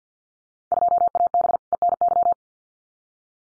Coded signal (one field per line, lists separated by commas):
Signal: Morse code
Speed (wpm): 50 wpm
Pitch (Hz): 700 Hz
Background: none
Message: 2AB ENY